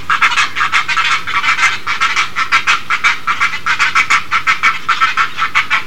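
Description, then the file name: Great egret harsh calls, gravelly rhythmic notes pulsing in a quick series. "kotuku"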